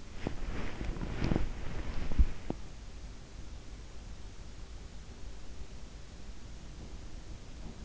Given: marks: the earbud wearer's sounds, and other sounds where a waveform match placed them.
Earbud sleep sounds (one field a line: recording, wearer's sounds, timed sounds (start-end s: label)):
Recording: sounds in sleep by an in-ear microphone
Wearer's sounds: body movement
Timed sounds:
0.21-2.82 s: body movement